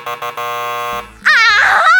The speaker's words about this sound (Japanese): 今ピンポンって鳴らしかけただろ。ちゃんと聞こえたからな。